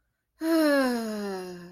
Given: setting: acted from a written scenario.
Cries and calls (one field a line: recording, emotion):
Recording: vocal sound without words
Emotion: ecstasy